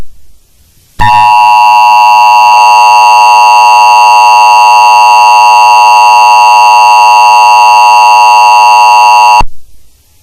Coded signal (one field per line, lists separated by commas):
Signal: Emergency Alert System (SAME) tones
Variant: 853 and 960 Hz attention tone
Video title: EAS Scenario: The Battle Royale of the Greek Gods